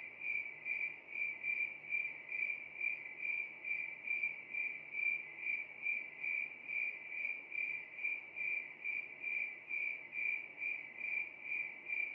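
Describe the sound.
Cricket chirping steadily, high pulsed chirps repeated about two to three times per second in an even rhythm.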